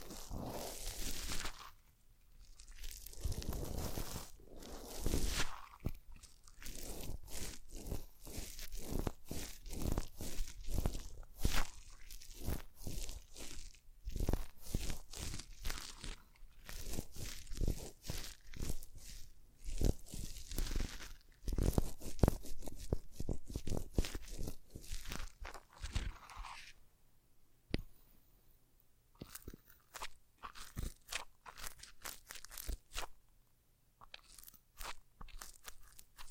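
Crackly, crunching taps and scratches from cork, tiny bottles and vinyl being handled and brushed, coming in quick, uneven clusters. The sounds stay dense and busy for most of the clip, then thin out after about 27 seconds into sparser, separate clicks.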